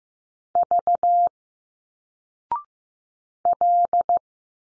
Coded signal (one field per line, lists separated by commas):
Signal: Morse code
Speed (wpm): 15 wpm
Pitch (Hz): 700 Hz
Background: none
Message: V L